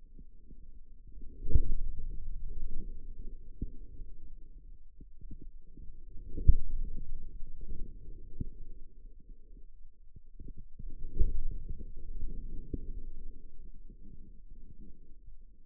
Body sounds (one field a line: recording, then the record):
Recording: forearm muscle sounds (acoustic myography)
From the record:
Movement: inward rotation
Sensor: system 2, bracelet of six BSWA MPA416 microphones around the upper forearm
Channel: 5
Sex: male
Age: 22 years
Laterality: right